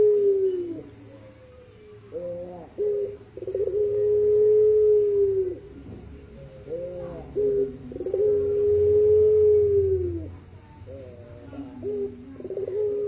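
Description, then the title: Barbary dove calling with short chuckling notes leading into long, steady, slightly falling coos, two full coos heard. Training recording used to teach songbirds; a white Barbary dove. "Masteran Burung Puter Putih"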